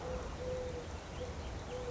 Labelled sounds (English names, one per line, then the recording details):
Eurasian Collared Dove
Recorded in Sonoma County, California